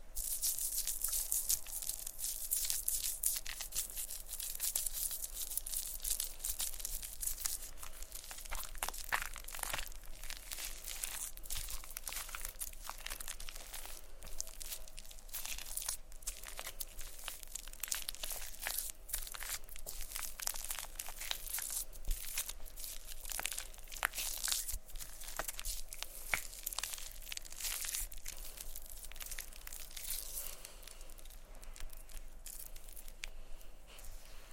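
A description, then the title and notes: Plastic wrap is crinkled and handled with shaving cream, making a dense, continuous stream of bright crackles and rustles. Sharper crunches and louder bursts stand out around 9, 16 and 26 seconds. Beneath it sits a faint, steady low hum. Playing With Shaving Cream (Plastic Wrap, Brushing, Massage, Crinkles).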